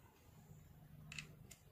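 The white release button on a push-in wire terminal of a switch and lamp wiring device is pressed until it clicks at 1.1 s, releasing the wire so it can be pulled out; the wire cannot be pulled out without pressing the button. Two more short ticks follow near 1.2 s and 1.5 s over a quiet low hum.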